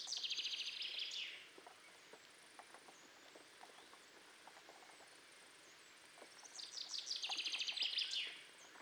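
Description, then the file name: Common chaffinch song: two bright trilled phrases several seconds apart, with soft clicking in between. "Fringilla coelebs"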